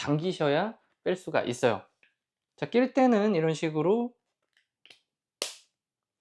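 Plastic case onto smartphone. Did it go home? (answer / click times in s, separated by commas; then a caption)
yes / 5.4 s. Someone talks, then a hard plastic case is pressed onto an iPhone 16 smartphone. A few faint taps are heard near 4.9 s, followed by a sharp snap at 5.4 s as the case seats into place.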